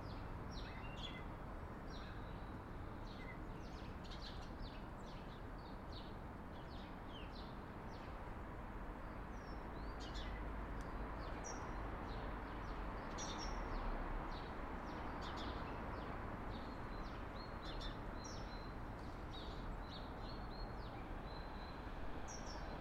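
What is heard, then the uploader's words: Birds in a park chirp and tweet in quick, high bursts throughout, over a steady low rumble of traffic. A-Format ambisonic Sennheiser AMBEO recording of birds in a park.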